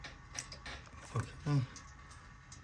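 A wiring harness connector is handled at the plastic connector of the shift solenoid D on a 2008 Toyota Tundra transmission, being replaced for code P0983, before it is pushed on to latch. Someone talks briefly, and faint ticks and low handling noises are heard, with louder thuds around 1.2 and 1.5 seconds. Nothing has seated or clicked yet.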